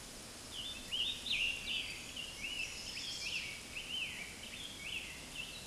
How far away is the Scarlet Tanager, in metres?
about 30 m